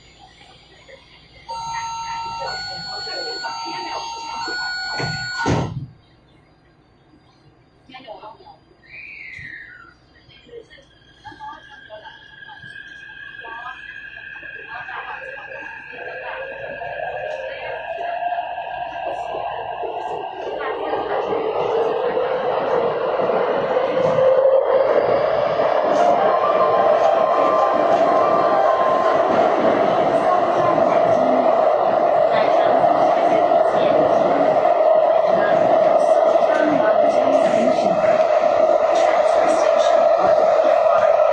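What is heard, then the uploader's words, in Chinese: A Taipei MRT train: a short stepped electronic chime plays over the first five seconds, then a brief lull with scattered clicks. From about fifteen seconds a motor whine rises in pitch as the train accelerates, swelling into a loud, steady rumbling roar through the end. 台北捷運。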